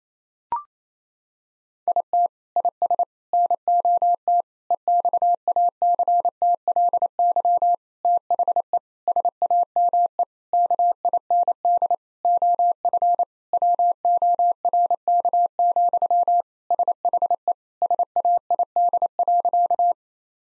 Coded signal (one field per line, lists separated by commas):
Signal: Morse code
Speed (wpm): 28 wpm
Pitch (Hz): 700 Hz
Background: none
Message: IT IS NOT EXACTLY THE SAME KIND OF WORK, SHE SAID.